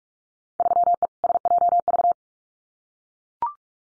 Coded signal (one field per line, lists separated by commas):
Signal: Morse code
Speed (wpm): 44 wpm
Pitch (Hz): 700 Hz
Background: none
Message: 3E SJV